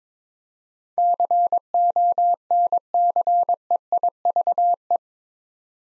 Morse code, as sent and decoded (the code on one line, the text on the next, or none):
-.-. --- -. -.-. . .. ...- .
CONCEIVE